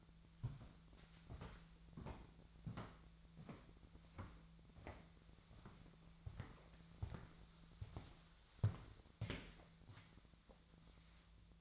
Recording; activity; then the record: daily activity, microphone in the room; walk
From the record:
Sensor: 3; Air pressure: 1008.2 hPa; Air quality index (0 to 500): 191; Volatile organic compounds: 14 ppm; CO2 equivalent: 2460 ppm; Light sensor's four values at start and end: 15/36/15/15 and 14/34/14/15